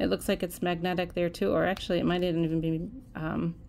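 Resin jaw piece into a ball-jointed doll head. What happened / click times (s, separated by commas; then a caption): Handled, no seating click yet / none. A removable resin jaw piece of a ball-jointed doll head is handled near the head as someone talks, with speech filling the clip. Nothing has seated or clicked into place yet.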